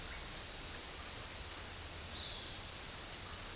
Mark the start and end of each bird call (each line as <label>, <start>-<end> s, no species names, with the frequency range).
bird call (3.0-4.3 kHz), 2.10-2.56 s